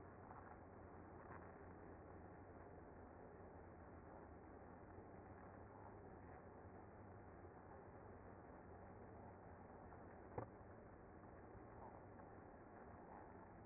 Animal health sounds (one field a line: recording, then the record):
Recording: honeybee colony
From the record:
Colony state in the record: active